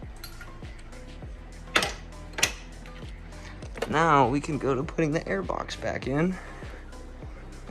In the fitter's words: give a little click once it does push that gray one in it'll click as well